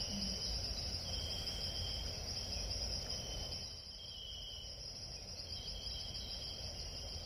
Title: Sleep sounds jungle camping at night with crickets, no talking